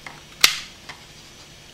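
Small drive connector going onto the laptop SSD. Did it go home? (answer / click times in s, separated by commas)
yes / 0.4 s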